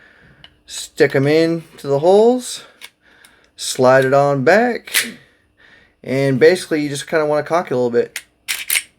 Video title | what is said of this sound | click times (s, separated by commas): How to Clean a Glock 43 Gen 4: A Beginner's Guide | und es rastet ein – alles funktioniert – | 8.5 s, 8.8 s